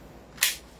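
A magazine is inserted into the grip of a toy or airsoft pistol and seats with one sharp, bright click at 0.4 s. The click rises sharply from quiet background noise and fades within about a tenth of a second.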